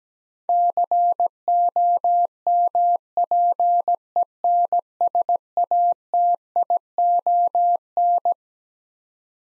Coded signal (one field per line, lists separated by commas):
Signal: Morse code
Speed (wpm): 17 wpm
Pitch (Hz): 700 Hz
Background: none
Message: COMPENSATION